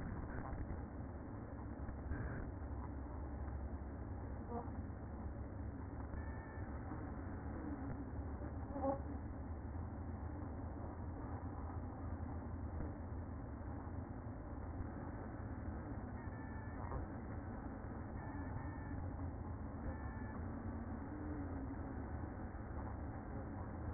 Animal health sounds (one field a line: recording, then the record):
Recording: honeybee colony, microphone inside the hive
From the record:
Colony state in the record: queen present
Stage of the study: after two queens were removed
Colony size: about 60,000 bees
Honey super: yes